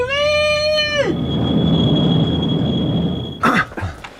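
A tram sounds a loud, steady horn-like tone that cuts off. It rumbles on with a thin, high brake squeal held for a couple of seconds, then a harsh grinding burst at the end.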